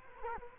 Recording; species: mosquito wingbeat signal from an infrared sensor; Culex quinquefasciatus